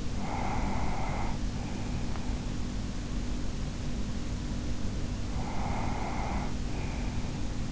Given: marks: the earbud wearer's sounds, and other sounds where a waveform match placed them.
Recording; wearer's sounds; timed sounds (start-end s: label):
sounds in sleep by an in-ear microphone; breath
0.12-2.77 s: breath
4.94-7.71 s: breath